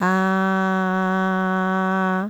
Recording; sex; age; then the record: sustained vowel /a/; female; 50 to 59 years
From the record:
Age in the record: 56 years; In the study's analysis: included